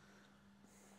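With the silver sleeve slid up, a fuel line quick-connect coupling is handled and pushed up toward the gas tank fitting on a 2014–2021 Harley CVO Street Glide or Ultra. Only a steady low hum and broad hiss are heard, with no distinct sudden sounds. Nothing has seated or clicked yet.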